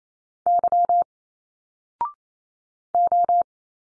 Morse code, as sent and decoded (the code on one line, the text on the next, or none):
-.-- / ---
Y O